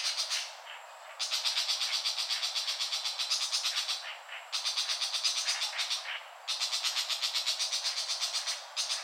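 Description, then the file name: Tiger shrike chattering in long runs of fast, regular grating notes, broken by short pauses, repeated several times. "Lanius tigrinus call"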